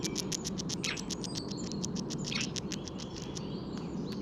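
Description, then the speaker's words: Red Squirrel eating a seed: quick sharp ticks in a fast, even rhythm, with thin whistles above and low background noise. Squirrel eating a seed, in spring, in the Paris region, recorded live. "Là, je suis pointé sur un écureuil qui est en train de manger une graine."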